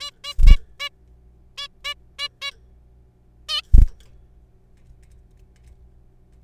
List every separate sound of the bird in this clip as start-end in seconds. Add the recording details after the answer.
0.01-0.11, 0.24-0.34, 0.47-0.56, 0.80-0.89, 1.58-1.68, 1.85-1.94, 2.19-2.28, 2.42-2.51, 3.49-3.61. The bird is a juvenile. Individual R3428